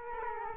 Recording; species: mosquito wingbeat signal from an infrared sensor; Culex quinquefasciatus